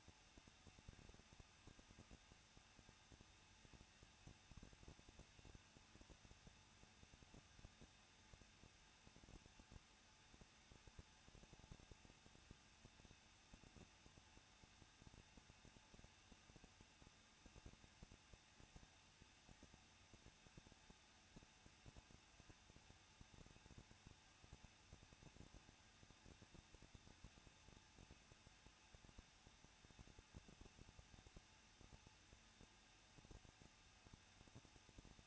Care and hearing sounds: daily activity, microphone in the room; no activity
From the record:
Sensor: 2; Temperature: 21.0 degrees Celsius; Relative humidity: 37.5%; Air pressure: 1006.3 hPa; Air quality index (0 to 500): 223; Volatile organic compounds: 25 ppm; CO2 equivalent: 2838 ppm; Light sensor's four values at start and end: 2/3/2/2 and 2/3/2/2

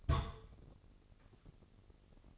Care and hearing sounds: daily activity, microphone in the room; place on stove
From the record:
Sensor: 4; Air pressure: 996.2 hPa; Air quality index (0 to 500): 79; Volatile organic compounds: 3 ppm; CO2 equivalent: 1503 ppm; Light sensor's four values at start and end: 18/49/19/20 and 18/49/19/20

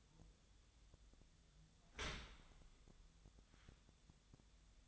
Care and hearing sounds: daily activity, microphone in the room; open dishwasher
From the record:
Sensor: 3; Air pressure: 1004.7 hPa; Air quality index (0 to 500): 99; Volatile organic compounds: 4 ppm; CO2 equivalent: 1538 ppm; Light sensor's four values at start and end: 7/18/7/7 and 7/18/7/7

